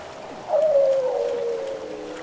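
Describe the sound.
Weddell seal call: one clear tonal note that starts sharply, then glides slowly downward and fades over nearly two seconds, over a soft hiss.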